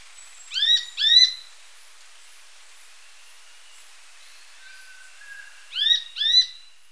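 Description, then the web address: Rufous spinetail giving paired, arched high notes, one double call early and another about five seconds later, with quiet background otherwise. Ecuador. "Birds of Ecuador. Rufous Spinetail"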